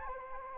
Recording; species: mosquito wingbeat signal from an infrared sensor; Anopheles gambiae